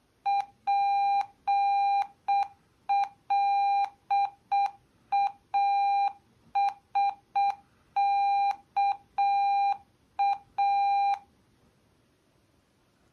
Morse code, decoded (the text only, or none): PLASKA